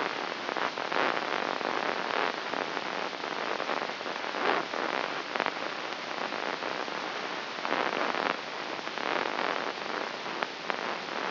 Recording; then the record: brain microelectrode recording played as sound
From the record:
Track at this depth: inside the subthalamic nucleus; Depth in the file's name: 3.722 mm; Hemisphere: left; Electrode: 3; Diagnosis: Parkinson's disease